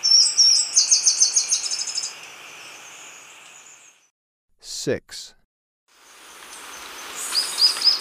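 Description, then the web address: Tricolored brush-finch song: a quick series of high repeated notes, then a pause broken by a sharp click, and another high phrase starting at the end. Ecuador. "Birds of Ecuador. Tricolored Brush-Finch"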